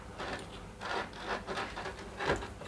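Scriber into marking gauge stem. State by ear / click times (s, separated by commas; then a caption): not seated / none. A metal scriber is being handled and pushed through the hole in the stem of a marking gauge, giving soft rubbing and scraping sounds in short bursts with no sharp impacts. The clip ends before the scriber goes home, so nothing has seated or locked yet.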